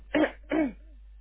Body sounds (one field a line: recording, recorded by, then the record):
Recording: voluntary cough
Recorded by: telephone call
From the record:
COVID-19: negative